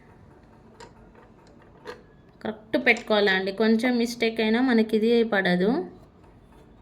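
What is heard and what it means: A snap-on presser foot is being lined up under the foot holder of a Usha Janome Stitch Queen sewing machine. A few faint ticks and one short sharp tick near 2.5 s are heard before someone talks over the rest of the clip. Nothing has seated or clicked yet; the foot is not yet locked on.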